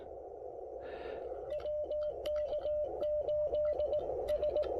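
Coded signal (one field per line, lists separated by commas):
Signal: Morse code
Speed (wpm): 19 wpm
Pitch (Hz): 600 Hz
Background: radio noise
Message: WK8S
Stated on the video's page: CW POTA activation at a historic site with Icom IC-703 Plus, QRP, on 20 and 17 meters.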